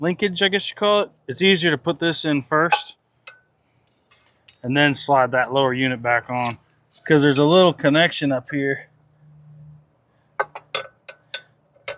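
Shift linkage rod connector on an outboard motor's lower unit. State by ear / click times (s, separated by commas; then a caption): not seated / none. Someone talks while handling the shift linkage rod connector on a Suzuki outboard motor's lower unit, fitting it before the lower unit goes back on. Short metallic clinks follow near the end. Nothing has seated or clicked into place yet.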